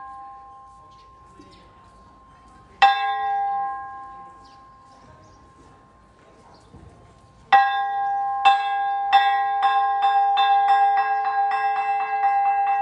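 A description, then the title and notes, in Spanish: Temple bells ring out after a quiet stretch with faint murmuring in the background. A single bright strike lands near three seconds and hangs in a long ringing tail, then from about seven and a half seconds the bell is struck repeatedly at a steady, quickening pace. Tailandia | Bangkok. Sonidos del templo_campana. Suenan las campanas tras los mantras.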